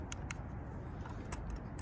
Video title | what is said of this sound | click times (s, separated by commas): JJrc x17 drone (review) | push until it clicks like that okay | 1.3 s